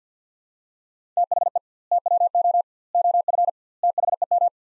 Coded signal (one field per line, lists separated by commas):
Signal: Morse code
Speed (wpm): 50 wpm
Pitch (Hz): 700 Hz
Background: none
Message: THE TWO OF THEM